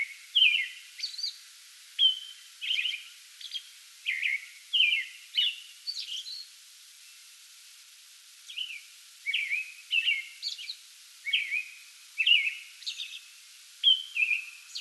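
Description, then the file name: American robin caroling in quick runs of throaty, up-and-down phrases with high squeaky notes, breaking off for about two seconds midway before resuming. Pre-dawn song bout recorded 8 May 2022. "2022-05-08 American Robin pre-dawn song bout"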